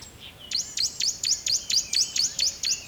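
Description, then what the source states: Bird song: a quick run of high, thin sweeping notes, starting after a brief pause, over a low steady hiss. River at dawn.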